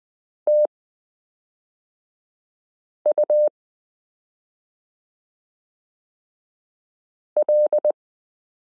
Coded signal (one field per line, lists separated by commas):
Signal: Morse code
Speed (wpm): 20 wpm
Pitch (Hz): 600 Hz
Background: none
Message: TUL